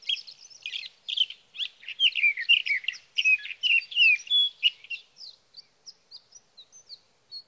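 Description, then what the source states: Sage thrasher pouring out a dense warbled song that thins after about five seconds into sparse, high, thin notes. Male singing through the night near his night roost, evenings of June 12 to mornings of June 15, 2018, Sierra Valley, California; recorded with a Swift recorder.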